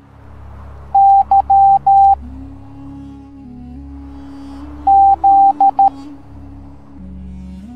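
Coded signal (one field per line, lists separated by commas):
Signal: Morse code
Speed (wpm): 13 wpm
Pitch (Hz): 790 Hz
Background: music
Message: Y Z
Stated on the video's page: Morse code alphabet lesson for children, presented in an educational cartoon.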